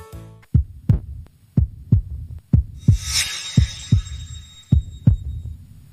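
Steady, strong lub-dub pairs at about 57 beats a minute, heard through a stethoscope: a regular, normal rhythm from a healthy heart, with brief background hiss.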